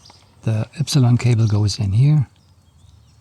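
A FuelX Pro fuel module's add-on harness plug is held at the O2 sensor connector of a Meteor 350 while someone talks over faint background noise. The plug has not seated or clicked into the connector yet.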